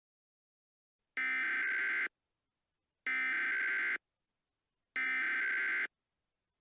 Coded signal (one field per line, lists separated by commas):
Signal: Emergency Alert System (SAME) tones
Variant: header bursts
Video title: EAS Mock Scenario: Real-Life Fortnite